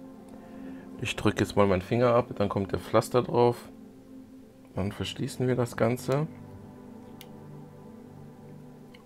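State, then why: Seated. A small plastic cap is closed onto a capillary blood collection tube after a fingertip blood draw, with someone talking over quiet background music. Short, sharp clicks at 7.2 s and 8.9 s mark the cap snapping shut, and it is confirmed seated.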